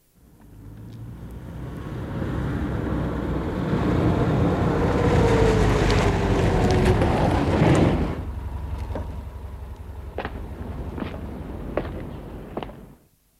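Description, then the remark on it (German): A powerful, steady roar of water rushing down to the valley through the penstock pipes below the Kaprun reservoirs in the Hohe Tauern swells for several seconds, then cuts off abruptly to a lower rumbling hum punctuated by a few sharp, evenly spaced clicks. “Und durch die Druckrohrleitungen schießt das gefangene Wasser zu Tal.”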